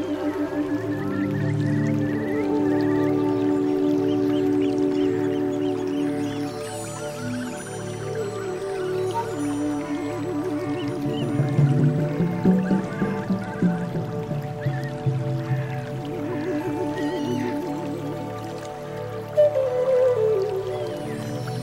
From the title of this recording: Flute, Gentle Birds and Rainforest Sound